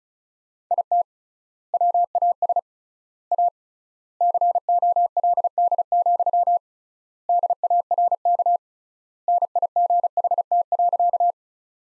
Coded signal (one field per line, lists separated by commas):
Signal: Morse code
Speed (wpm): 36 wpm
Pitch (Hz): 700 Hz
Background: none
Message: IT WAS A COLD, DARK NIGHT.